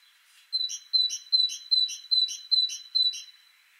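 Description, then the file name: Great tit call series of seven high notes, each a level whistle followed by a harsher burst, evenly spaced about every 0.4 seconds. "Parus major"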